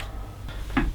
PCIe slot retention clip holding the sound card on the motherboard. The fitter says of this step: Hear the click.